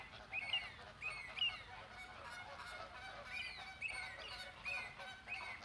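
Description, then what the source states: Flamingos honking in short nasal bursts, a few louder calls standing out from a softer chattering flock. Captive flamingos recorded at the flamingo enclosure of Bristol Zoo.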